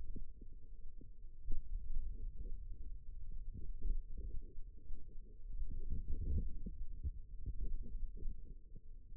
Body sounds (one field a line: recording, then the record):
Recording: forearm muscle sounds (acoustic myography)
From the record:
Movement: radial deviation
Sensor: system 2, bracelet of six BSWA MPA416 microphones around the upper forearm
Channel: 4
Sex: female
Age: 22 years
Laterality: right